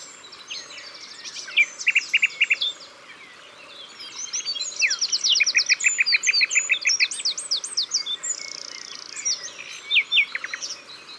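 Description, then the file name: Eurasian wren song: a rapid outpouring of high, sharp trills and metallic notes, with a quiet pause early on before a longer fast, rattling burst; a faint low tone pulses underneath. Drôme, France. "Troglodyte mignon Concerts Naturels de la Drome Studio les Trois Becs"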